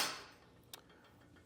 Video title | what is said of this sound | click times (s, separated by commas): etrailer - A Closer Look at the Benton Shifts&Grins Bike Rack on a 2025 Nissan Rogue | Once it clicks, it's in an upright and stowed position, | 0.7 s